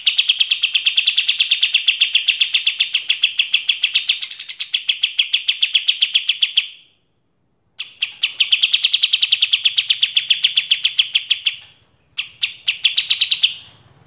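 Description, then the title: Kapas tembak with a sustained rapid chatter of sharp notes, a short higher flourish, then pauses between further bursts of the same quick repeated notes. Training song for teaching cage birds to sing; described as a fine quality song. "Masteran Kapas Tembak Mewah"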